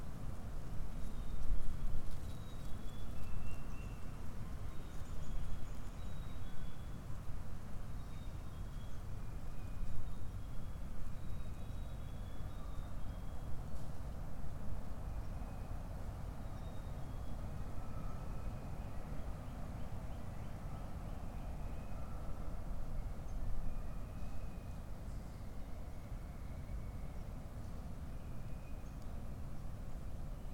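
Spring birdsong chirps and short whistles sound scattered throughout over a steady low rumble and patter of rain, fairly dense and unchanging.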